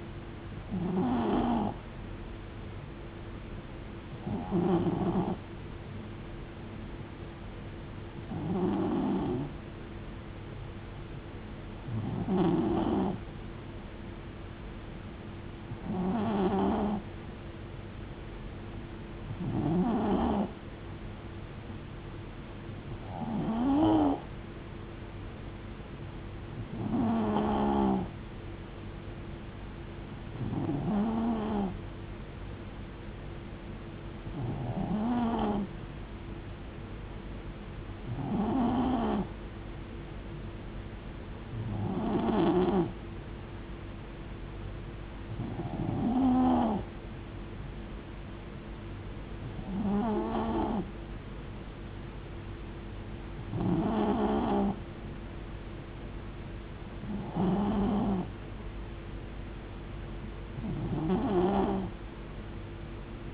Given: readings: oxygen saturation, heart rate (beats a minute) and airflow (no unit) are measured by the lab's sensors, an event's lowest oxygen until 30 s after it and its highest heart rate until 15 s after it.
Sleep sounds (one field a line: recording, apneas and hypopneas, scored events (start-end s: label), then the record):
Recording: breathing in sleep by a voice recorder at the bedside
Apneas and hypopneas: none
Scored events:
38.00-63.34 s: new sleep stage, N3 (deep sleep)
From the record:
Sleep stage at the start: N2 (light sleep)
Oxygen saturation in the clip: 91 to 93%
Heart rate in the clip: 66 to 74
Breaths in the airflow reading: 16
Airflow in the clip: -4.2 to 2.4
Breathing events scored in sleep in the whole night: 389 in 6.3 hours asleep